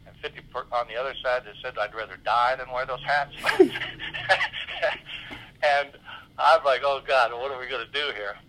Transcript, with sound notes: and 50 on the other side that said I'd rather die than wear those (laughter) And I'm like, oh, God, what are we going to do here?